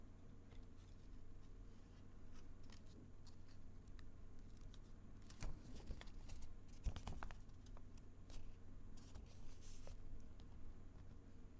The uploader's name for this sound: tapping, whispering, folding